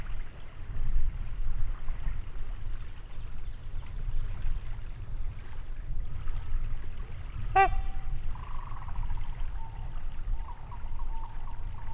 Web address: Wisconsin 2019 Trumpeter Swan Trumpets near Lake